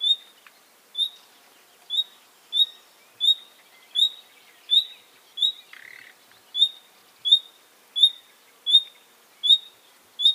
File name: Luscinia megarhynchos